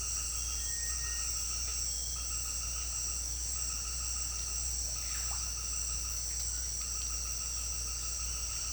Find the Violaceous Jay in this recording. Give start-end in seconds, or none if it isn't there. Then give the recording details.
none. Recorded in secondary vegetation near Puerto Asís, Putumayo, Colombia, on 4 March 2025 at 18:00. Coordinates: 0.498, -76.327. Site G001